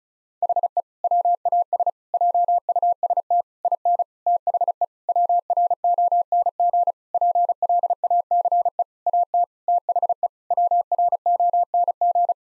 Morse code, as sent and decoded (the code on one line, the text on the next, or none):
.... . / .-- .- ... / .--- ..- ... - / .. -. / - .... . / .-- .-. --- -. --. / .--. .-.. .- -.-. . / .- - / - .... . / .-- .-. --- -. --.
HE WAS JUST IN THE WRONG PLACE AT THE WRONG